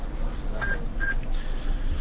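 Two short, evenly spaced telephone keypad tones beep over a steady background hiss, followed by a fainter third tone; no one speaks.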